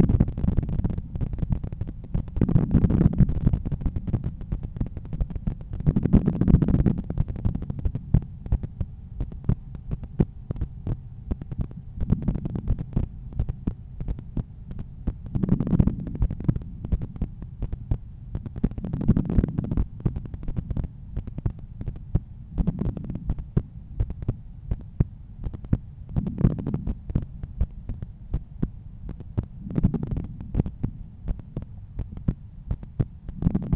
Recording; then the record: heart sounds by stethoscope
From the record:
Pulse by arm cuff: 84 bpm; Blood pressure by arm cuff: 132/84 mmHg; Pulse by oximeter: 84 bpm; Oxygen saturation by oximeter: 96%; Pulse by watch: 86 bpm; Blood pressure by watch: 127/83 mmHg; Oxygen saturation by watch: 98%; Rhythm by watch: sinus rhythm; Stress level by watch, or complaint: low stress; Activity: after 10 min smoking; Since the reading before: plus 3500 steps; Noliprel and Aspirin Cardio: after pills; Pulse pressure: 48 mmHg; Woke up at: 7:20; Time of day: 21:10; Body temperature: 36.8 C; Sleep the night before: 8 h 11 min, score 61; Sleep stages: REM 22%, light 68%, deep 3%, awake 7%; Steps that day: 9500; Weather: clear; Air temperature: 21.5 C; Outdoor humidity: 74%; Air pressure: 1015 hPa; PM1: 10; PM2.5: 14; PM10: 17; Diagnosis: hypertension, treated with Noliprel and Aspirin Cardio 100 mg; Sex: male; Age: 53 years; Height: 174 cm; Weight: 81 kg